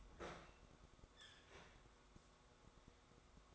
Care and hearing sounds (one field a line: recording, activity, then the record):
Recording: daily activity, microphone in the room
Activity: open fridge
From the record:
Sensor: 3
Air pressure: 1004.6 hPa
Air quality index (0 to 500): 191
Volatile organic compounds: 13 ppm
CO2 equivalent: 2402 ppm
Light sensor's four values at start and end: 5/13/5/5 and 5/13/5/5